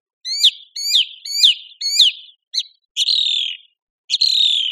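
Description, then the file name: Song thrush song: a falling whistled phrase repeated four times in quick succession, followed by a short note and two longer, sustained whistles. "suara-kicauan-burung-song-thrush -omkicau"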